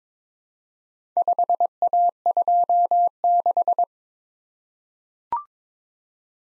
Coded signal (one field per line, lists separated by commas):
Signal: Morse code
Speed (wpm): 22 wpm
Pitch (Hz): 700 Hz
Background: none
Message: 5A26